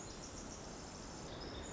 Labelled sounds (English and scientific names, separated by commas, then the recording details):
Pacific Wren (Troglodytes pacificus)
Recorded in Sonoma County, California